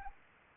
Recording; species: mosquito wingbeat signal from an infrared sensor; Anopheles arabiensis